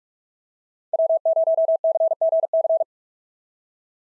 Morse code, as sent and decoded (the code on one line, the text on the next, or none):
.-- ----- -.-. --. -.-.
W0CGC